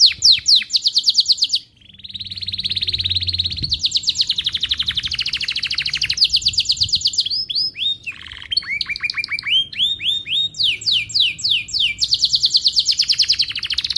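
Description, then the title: Canary song of long rapid rolling trills that shift pitch between tours, with clipped whistled notes in between, sustained for the whole stretch apart from one brief break. Canary described as gacor (singing actively), with its best cengkok song turns and the most lavish isian fill phrases. "Kenari Gacor Cengkok Terbaik Isian Paling Mewah"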